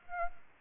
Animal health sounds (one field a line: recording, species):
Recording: mosquito wingbeat signal from an infrared sensor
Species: Aedes aegypti